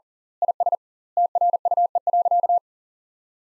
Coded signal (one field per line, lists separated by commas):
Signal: Morse code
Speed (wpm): 40 wpm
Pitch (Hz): 700 Hz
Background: none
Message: IS TRUE.